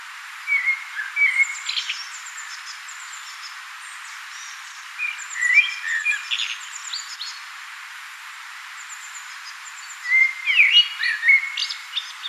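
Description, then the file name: Common blackbird song in three separate phrases, each a short run of mellow whistles followed by a scratchy high twitter, with pauses of a few seconds between them. "Turdus merula"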